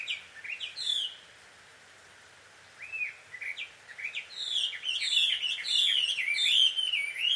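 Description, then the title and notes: Bird calls, a few sharp chirps, a pause, then rising squeaky notes that quicken into busy, excited chatter. Birds described as a quarrelling couple, heard at dusk; field recording made in Takao, Japan. "鳥の夫婦喧嘩 – Birds Quarrel At Dusk. Recorded in Takao Japan"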